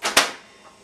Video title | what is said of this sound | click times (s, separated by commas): Heiwa Set Up Part 2 (0302) | pull the door shut using two hands, squeeze right where those latches are until it pops into place. | 0.2 s